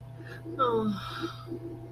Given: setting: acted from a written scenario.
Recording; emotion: vocal sound without words; romantic love